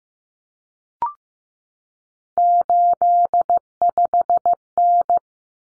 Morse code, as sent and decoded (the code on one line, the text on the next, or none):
---.. ..... -.
85N